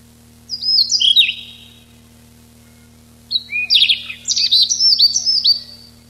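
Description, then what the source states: Siberian rubythroat song: high, varied warbling phrases of quick whistles and trills, two bursts separated by a pause, over a steady low hum. Recorded 6 July 1991.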